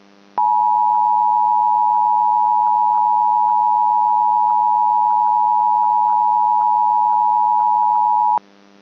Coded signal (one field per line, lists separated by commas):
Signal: Emergency Alert System (SAME) tones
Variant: 853 and 960 Hz attention tone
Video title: [EAS MOCK, shitpost 3] RMT uh thing